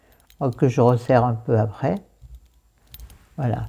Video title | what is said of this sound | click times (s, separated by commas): 2 HEURES, derniers achats et cadeaux | des faciles à enfiler pour moi donc c'est juste avec que le petit clic que | 0.3 s